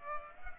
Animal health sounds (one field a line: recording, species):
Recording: mosquito wingbeat signal from an infrared sensor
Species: Culex pipiens